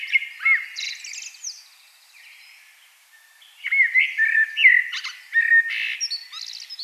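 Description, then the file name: Common blackbird singing mellow warbled notes with squeaky high flourishes, a brief lull in the middle, then a denser burst of phrases. "Turdus merula"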